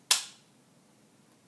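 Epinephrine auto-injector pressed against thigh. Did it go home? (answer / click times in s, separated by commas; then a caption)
yes / 0.1 s. An epinephrine auto-injector is swung and pressed firmly against the thigh until it fires. A single sharp, bright click sounds at 0.1 s and fades within about a third of a second, followed by near silence. The injector has fired.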